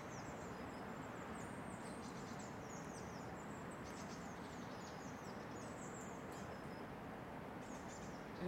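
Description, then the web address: Birds twittering with many quick, high, slurred chirps, some in short bursts, above a constant low background hum. Recorded in a residential area; a calm ambience. "lynne-publishing Residential Area Birds Calm"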